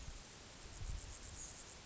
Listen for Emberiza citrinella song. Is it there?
no